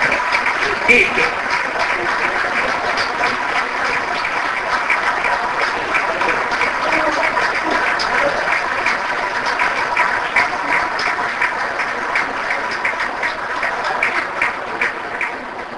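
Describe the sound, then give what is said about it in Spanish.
Steady, dense applause from an audience greeting a former mascot of the Ferro club, many hands clapping at once in a continuous crackling wash that holds at an even, fairly loud level for about sixteen seconds. “Si está, un aplauso, que lo queremos saludar.”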